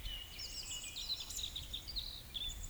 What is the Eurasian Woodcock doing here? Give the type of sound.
whistle, croak